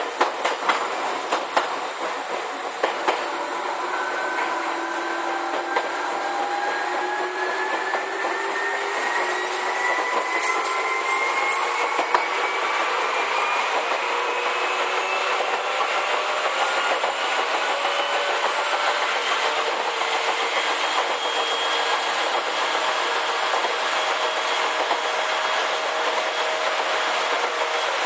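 Izukyu 8000 series train running between Izu-Kogen and Izukyu-Shimoda, with a steady rushing roar throughout. Several whining motor tones slowly climb in pitch as the train gathers speed, and a few sharp rail clicks stand out in the first seconds.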